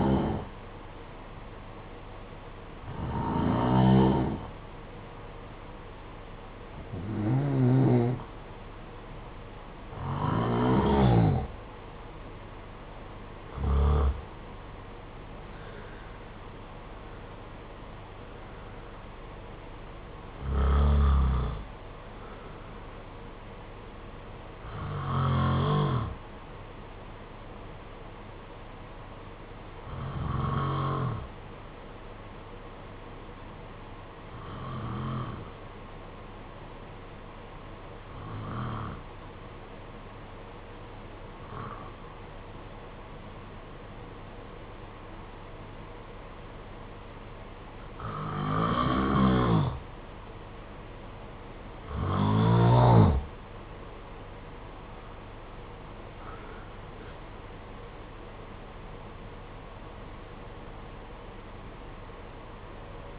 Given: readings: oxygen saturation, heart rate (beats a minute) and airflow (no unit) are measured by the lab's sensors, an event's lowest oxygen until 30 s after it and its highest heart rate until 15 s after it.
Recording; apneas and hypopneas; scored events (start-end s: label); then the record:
breathing in sleep by a voice recorder at the bedside; 1
35.00-52.40 s: hypopnea (N1, oxygen 94% highest, then 88% lowest, heart rate 54 at the start, 69 highest)
From the record:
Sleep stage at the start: N1 (lightest sleep); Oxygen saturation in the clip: 89 to 94%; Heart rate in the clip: 54 to 69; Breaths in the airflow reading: 17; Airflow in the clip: -13.5 to 12.0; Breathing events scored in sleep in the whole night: 476 in 9.7 hours asleep